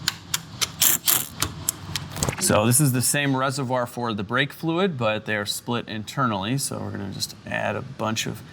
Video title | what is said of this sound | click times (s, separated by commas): I Turned My Boosted 4 Banger Saturn Into A Baby LS HELLKITTEN With BIG CAMS & A New Trans! | And this makes for the most satisfying clicks. | 0.1 s, 0.3 s, 0.6 s, 1.4 s, 1.7 s